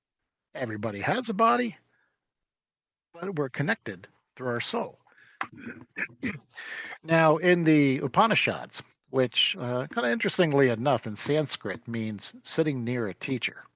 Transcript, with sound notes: Everybody has a body, but we're connected through our soul.
(clears throat) Now in the Upanishads, which, uh, kind of interestingly enough in Sanskrit means sitting near a teacher,